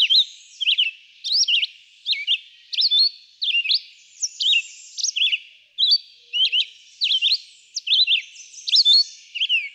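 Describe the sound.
Red-eyed vireo song of short, varied whistled notes in quick succession, each phrase slurring up or down, roughly one and a half per second.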